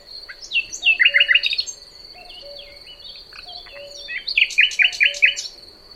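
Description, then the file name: Common nightingale delivering loud, rich phrases of repeated chirping notes and quick rattles, with a continuous high insect tone and faint low notes underneath. "Luscinia megarhynchos"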